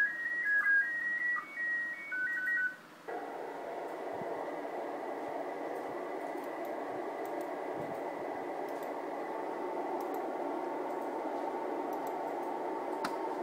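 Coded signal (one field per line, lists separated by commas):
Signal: SSTV (slow-scan television)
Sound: short stepping high tones, then a continuous wavering buzzy tone through static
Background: radio static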